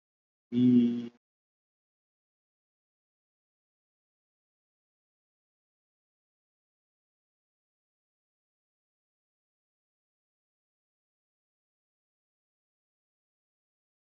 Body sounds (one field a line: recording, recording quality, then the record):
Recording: sustained vowel as in beet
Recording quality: excellent, no background noise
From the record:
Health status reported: COVID-19 positive, mild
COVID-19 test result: positive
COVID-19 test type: RT-PCR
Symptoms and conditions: fatigue, muscle pain, diarrhoea, hypertension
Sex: male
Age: 54 years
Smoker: no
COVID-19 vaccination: both doses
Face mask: worn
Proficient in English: no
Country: India